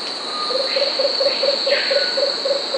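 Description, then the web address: Lemon-throated barbet song: evenly spaced low hooting notes, roughly four per second, against a continuous high-pitched insect buzz. Recorded in South America. "Natures Songs S America Lemon-throated Barbet"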